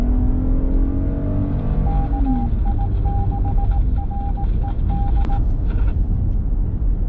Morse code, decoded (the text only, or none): KI6RED